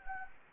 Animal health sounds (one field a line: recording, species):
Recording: mosquito wingbeat signal from an infrared sensor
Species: Anopheles arabiensis